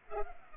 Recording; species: mosquito wingbeat signal from an infrared sensor; Culex pipiens